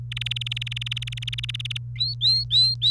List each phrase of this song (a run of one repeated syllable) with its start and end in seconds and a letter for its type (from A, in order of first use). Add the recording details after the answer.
0.12-1.77 A, 1.98-2.91 B. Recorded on 28 April 2018 at 10:44. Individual llb3